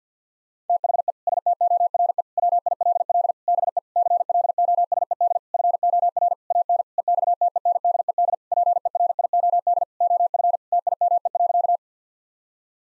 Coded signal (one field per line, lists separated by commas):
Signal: Morse code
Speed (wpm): 50 wpm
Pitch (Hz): 700 Hz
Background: none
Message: THE STORE WILL BE CLOSED FOR AN EXTENDED PERIOD OF TIME.